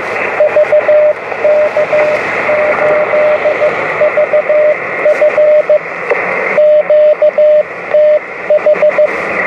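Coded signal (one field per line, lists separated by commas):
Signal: Morse code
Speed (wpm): 15 wpm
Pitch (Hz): 600 Hz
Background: radio noise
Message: VK8VF QTH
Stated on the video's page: 10 m (28 MHz) operation from the beach using a steerable beam based on a Wadetenna vertical.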